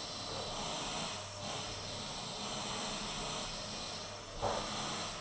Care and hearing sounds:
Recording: daily activity, microphone in the room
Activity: vacuum cleaning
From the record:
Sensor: 4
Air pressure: 1000.1 hPa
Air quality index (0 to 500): 232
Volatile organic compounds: 32 ppm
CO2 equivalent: 2992 ppm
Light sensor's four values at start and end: 9/21/8/8 and 9/21/8/8

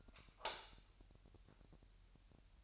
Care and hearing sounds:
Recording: daily activity, microphone in the room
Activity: light off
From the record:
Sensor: 2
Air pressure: 1001.7 hPa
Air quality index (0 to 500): 241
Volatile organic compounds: 31 ppm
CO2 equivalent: 2986 ppm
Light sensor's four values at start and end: 9/26/10/10 and 4/10/4/4

